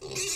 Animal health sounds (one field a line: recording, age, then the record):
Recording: pig call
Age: weaner (32 to 43 days)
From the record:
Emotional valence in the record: negative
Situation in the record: short isolation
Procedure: open field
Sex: female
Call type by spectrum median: high-frequency call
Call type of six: mixed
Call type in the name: high-frequency modulated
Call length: 0.36 s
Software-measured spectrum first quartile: 1741 Hz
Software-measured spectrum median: 4589 Hz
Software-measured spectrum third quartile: 6811 Hz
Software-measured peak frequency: 382 Hz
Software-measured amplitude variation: 104 dB a second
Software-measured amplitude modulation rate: 23.6 a second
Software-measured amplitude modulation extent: 4.4 dB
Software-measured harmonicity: 2.4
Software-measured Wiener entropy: -1.96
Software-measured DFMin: 1201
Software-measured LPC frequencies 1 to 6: 414, 2422, 2702, 3869, 4477, 5667 Hz